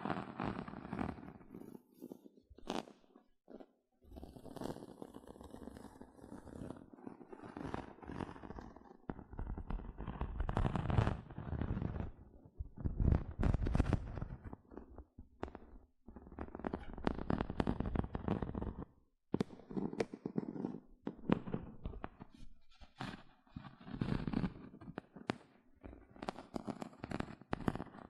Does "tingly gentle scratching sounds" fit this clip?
yes